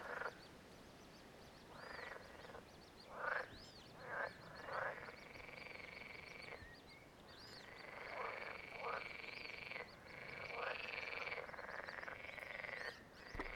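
Frogs croaking in a series of rough bursts over a steady background hiss.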